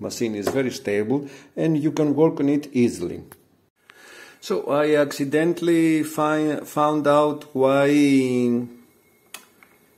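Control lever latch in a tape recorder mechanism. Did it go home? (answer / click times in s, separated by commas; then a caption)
no / none. Someone talks over an open UHER Royal Deluxe reel-to-reel tape recorder while handling the control lever latch in its mechanism, with a few faint, brief handling taps near 3.9 s and 9.4 s. The control is not yet pressed home, and nothing has latched or clicked into place by the end of the clip.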